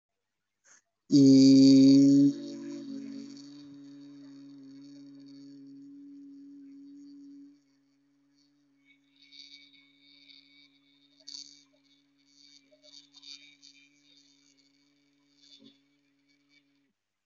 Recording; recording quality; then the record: sustained vowel as in beet; moderate, slight background noise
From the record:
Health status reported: healthy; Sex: male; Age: 43 years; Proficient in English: no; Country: India